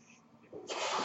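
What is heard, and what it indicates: After a quiet moment, a soft, steady rushing hiss rises: the airflow of a home mechanical ventilator delivering a breath.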